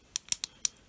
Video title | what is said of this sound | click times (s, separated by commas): DIY Drone how to put together SIMPLE DIY -- 5.8ghz mod | clicky heard all the clicks and make | 0.2 s, 0.3 s, 0.4 s, 0.7 s